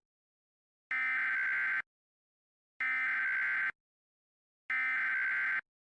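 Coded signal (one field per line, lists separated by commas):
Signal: Emergency Alert System (SAME) tones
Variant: header bursts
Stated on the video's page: Fictional mock alert, simulated.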